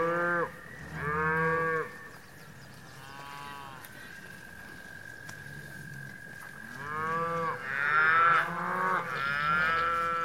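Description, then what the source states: Cow: cattle moos, a few loud calls at the beginning, a quiet gap with a steady hum, then more lowing that grows louder toward the end. Cows grazing in pasture.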